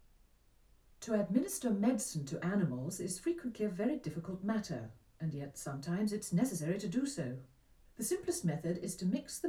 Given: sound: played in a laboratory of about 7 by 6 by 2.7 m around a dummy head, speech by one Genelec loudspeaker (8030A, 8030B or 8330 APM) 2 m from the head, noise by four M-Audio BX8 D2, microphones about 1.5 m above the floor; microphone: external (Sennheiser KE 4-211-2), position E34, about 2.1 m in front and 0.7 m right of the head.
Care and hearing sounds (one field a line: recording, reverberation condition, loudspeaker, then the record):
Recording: female speech in English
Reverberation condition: low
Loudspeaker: 150 degrees to the right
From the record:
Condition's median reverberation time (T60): about 310 ms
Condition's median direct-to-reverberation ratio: about 3.5 dB